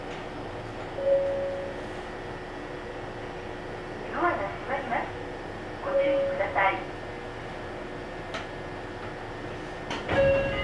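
A ride on the Ohmi Railway, with a steady low rumble running throughout. Short bursts of voice come around four, six and ten seconds, a brief tone sounds three times, and a couple of sharp clicks land near the end.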